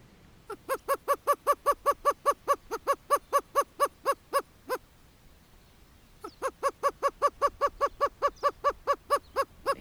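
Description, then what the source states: Greater Roadrunner calls: hollow, even hooting notes in a long series, a pause, then the series resumes. Might be heard in Death Valley National Park.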